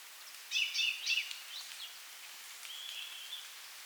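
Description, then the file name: Common chaffinch: a short burst of sharp, bright chirps early on, followed later by a faint, thin, level whistled note, over soft background hiss. "Fringilla coelebs"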